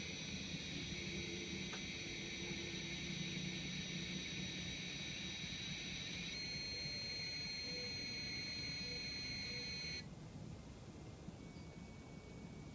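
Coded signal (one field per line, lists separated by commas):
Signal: dial-up modem handshake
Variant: 300-baud acoustic coupler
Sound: steady high modem tones with broad hiss for ten seconds, then abrupt stop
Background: low rumble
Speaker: Make sure it's set to the modem M8N1D. Go into terminal mode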